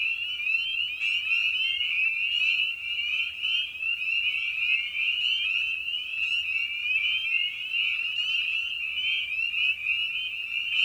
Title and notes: Episode 5: Night of the Peepers. Spring Peeper (Pseudacris crucifer). Ian Carlsen